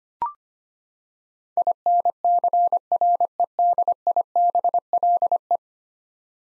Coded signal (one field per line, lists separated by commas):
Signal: Morse code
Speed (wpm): 25 wpm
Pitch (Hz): 700 Hz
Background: none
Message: INCREDIBLE